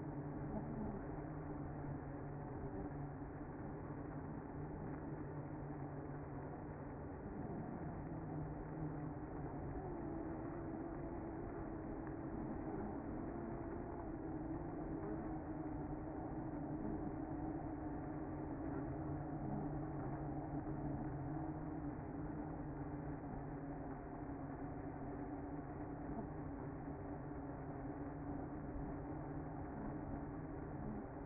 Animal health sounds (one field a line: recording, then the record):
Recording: honeybee colony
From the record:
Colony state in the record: active